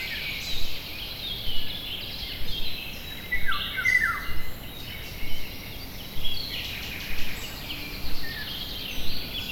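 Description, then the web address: Several birds give thin high chirps and trills, with a clearer falling whistle around four seconds, against low steady noise. Birds in a forest. "GDC 2017-Game Audio Bundle West Wolf - Nature Sounds. Forest birds"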